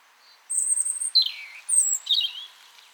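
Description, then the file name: European robin with a brief phrase of a high thin whistle, a downward-sliding warble and a final twittering flourish, over a faint background hiss. "Erithacus rubecula"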